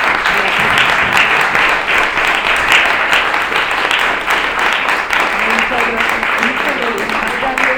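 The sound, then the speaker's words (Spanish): Sustained applause from an audience closing a panel session at the Encuentro de Escritoras Fronterizas (2012), a dense, steady wash of many hands clapping at an even loudness throughout, with faint voices murmuring underneath. “Entonces, si ya no hay más preguntas, cerramos la mesa, le damos un gran aplauso.”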